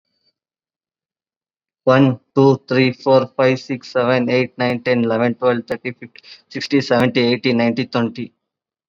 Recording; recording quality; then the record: counting at a fast pace; excellent, no background noise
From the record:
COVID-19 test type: RT-PCR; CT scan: not taken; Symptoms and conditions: cough, fever, fatigue, muscle pain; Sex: male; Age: 21 years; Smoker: yes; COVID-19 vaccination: both doses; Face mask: worn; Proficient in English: yes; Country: India